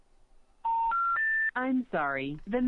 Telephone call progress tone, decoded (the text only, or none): special information tone